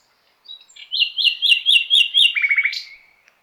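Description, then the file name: Common nightingale song phrase: soft opening notes, a quick series of repeated rising whistles, ending in a fast rattling trill. "Luscinia megarhynchos"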